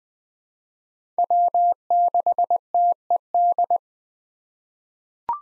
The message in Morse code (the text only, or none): W6TED